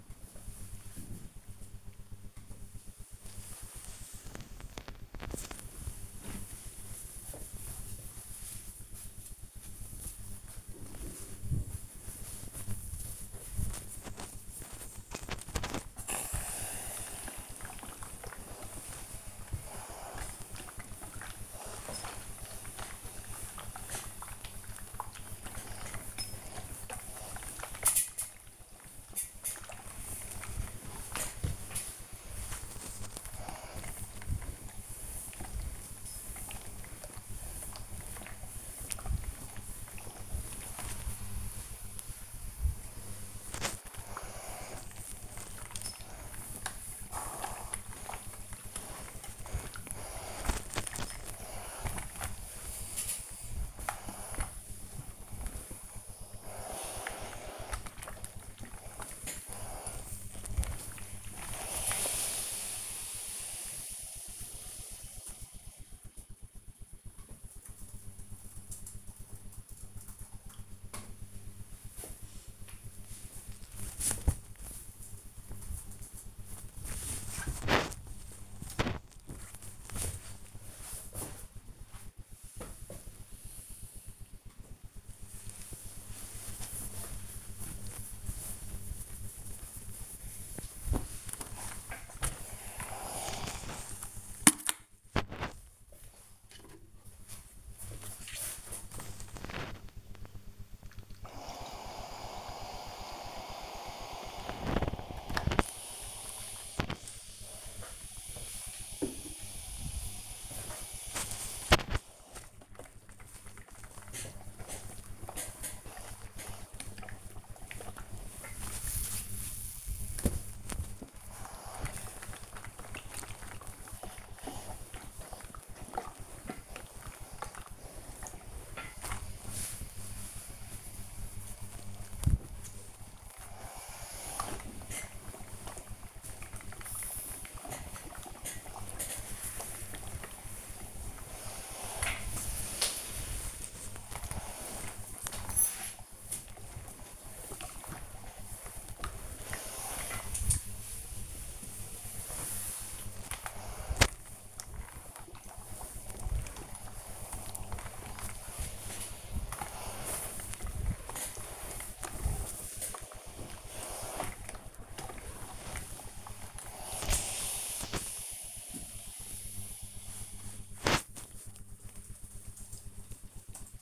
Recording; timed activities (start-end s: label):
household activities, microphone on the right wrist
1.47-66.67 s: ironing laundry
70.68-82.72 s: folding laundry
83.72-169.92 s: ironing laundry